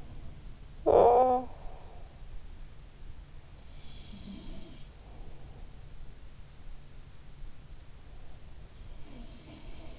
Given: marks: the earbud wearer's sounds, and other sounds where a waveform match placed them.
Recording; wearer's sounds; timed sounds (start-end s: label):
sounds in sleep by an in-ear microphone; talking in sleep
0.00-1.87 s: talking in sleep
3.78-5.87 s: sound from someone else or the room
9.13-9.99 s: sound from someone else or the room